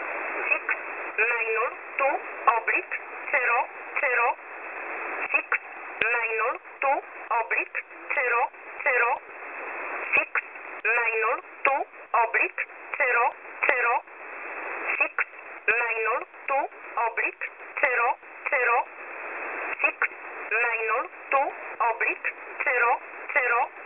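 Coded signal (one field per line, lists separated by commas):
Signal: numbers station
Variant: E11 Oblique, English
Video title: E11 Oblique 01/01/2024 1045 UTC 11100kHz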